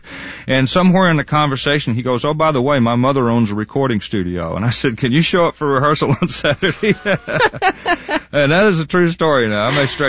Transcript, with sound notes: And somewhere in the conversation, he goes, Oh, by the way, my mother owns a recording studio. And I said, can you show up for rehearsal on Saturday?
(LAUGHTER)
And that is a true story